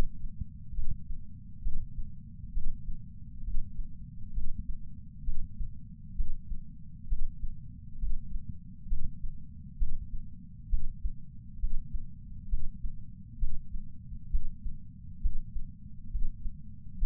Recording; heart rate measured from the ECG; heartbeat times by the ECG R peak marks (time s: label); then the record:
heart sounds by patch sensor on the chest; 67 bpm
0.75 s: heartbeat
1.63 s: heartbeat
2.53 s: heartbeat
3.44 s: heartbeat
4.34 s: heartbeat
5.25 s: heartbeat
6.16 s: heartbeat
7.08 s: heartbeat
7.99 s: heartbeat
8.88 s: heartbeat
9.78 s: heartbeat
10.70 s: heartbeat
11.60 s: heartbeat
12.49 s: heartbeat
13.39 s: heartbeat
14.31 s: heartbeat
15.21 s: heartbeat
16.11 s: heartbeat
16.99 s: heartbeat
From the record:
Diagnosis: coronary artery disease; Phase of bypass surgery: preoperative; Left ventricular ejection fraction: 65.2%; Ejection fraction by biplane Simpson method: 56.6%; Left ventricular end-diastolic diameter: 45 mm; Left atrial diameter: 34 mm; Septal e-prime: 5.7 cm/s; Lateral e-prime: 8.2 cm/s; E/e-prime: 7.6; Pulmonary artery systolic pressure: 21 mmHg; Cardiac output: 6.8 L/min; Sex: male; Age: 69 years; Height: 174 cm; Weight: 79 kg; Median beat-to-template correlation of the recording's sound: 0.95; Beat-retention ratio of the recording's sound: 0.99